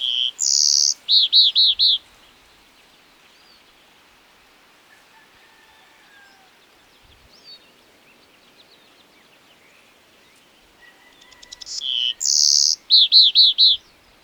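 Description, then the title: Black-crested warbler singing two phrases separated by a long pause, each with buzzy notes ending in four repeated arched notes. "Myiothlypis Nigrocristata"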